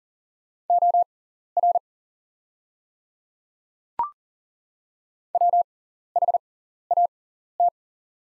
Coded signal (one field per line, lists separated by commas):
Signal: Morse code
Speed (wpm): 39 wpm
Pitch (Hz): 700 Hz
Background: none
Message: OR WHAT